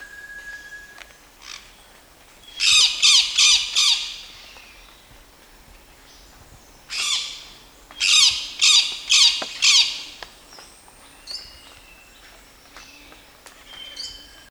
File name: bronze winged parrot